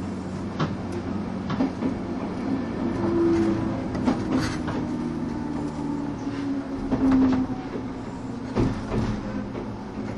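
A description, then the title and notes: A train runs along the Bantan Line with a steady low rumble and hum throughout. Short clicks and knocks from the wheels break through at irregular moments, and a brief faint tone rises near the middle and again around seven seconds. 103系 播但線普通 01/01:姫路～寺前. The train running sound on the Bantan Line.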